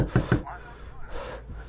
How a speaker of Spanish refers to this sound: ¡Hey! ¡Abre la maldita puerta! Lo escucho golpear aún más fuerte contra la madera.